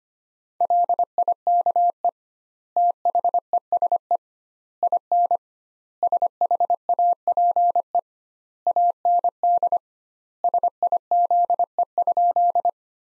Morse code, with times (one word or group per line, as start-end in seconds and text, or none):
0.6-2.1 LIKE
2.8-4.2 THESE
4.8-5.4 IN
6.0-8.0 SHAPE
8.7-9.8 AND
10.4-12.7 SIZE?